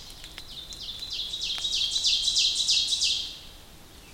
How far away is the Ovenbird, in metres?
about 25 m